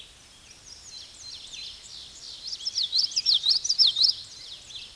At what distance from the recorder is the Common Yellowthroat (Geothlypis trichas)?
about 5 m